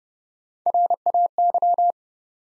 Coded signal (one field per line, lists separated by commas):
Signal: Morse code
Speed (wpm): 30 wpm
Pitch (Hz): 700 Hz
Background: none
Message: RAY